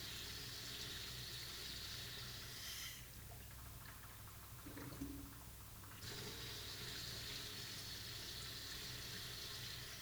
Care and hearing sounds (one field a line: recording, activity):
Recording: daily activity, guitar pickup as the sensor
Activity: flush